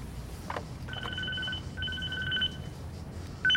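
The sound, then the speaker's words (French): In the film Millennium 2, a mobile phone rings in repeated electronic two-tone bursts, each lasting about half a second, over a low steady background rumble, with no talking. “on m'appelle sur mon portable.”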